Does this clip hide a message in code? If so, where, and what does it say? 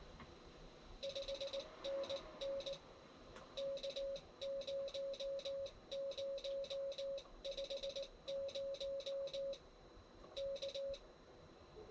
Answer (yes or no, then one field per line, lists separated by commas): yes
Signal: Morse code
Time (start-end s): 1.0-10.9 s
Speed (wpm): 19 wpm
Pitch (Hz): 550 Hz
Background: none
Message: 5NN K0050 K